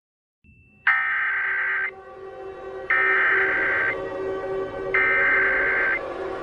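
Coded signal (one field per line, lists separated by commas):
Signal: Emergency Alert System (SAME) tones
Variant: header bursts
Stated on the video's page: Fictional EAS scenario about a 450 mph tornado, not a real alert.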